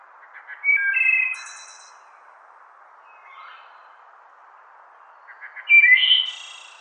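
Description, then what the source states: Wood thrush song: two phrases of clear, flute-like notes, each ending in a high, shimmering trill, separated by a pause of a few seconds over a steady hiss. Used as a ringtone.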